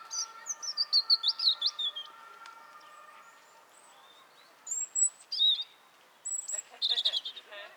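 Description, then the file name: European robin singing rapid twittering phrases and high whistled notes, with a steady humming tone in the first half. "Erithacus rubecula"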